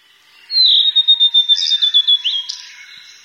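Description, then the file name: Blue-and-white flycatcher singing a clear high whistled phrase that pulses quickly and slides slightly lower, ending in short buzzy, chattering notes. "ooruri"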